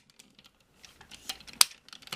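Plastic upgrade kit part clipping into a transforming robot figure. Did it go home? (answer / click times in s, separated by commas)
yes / 1.6 s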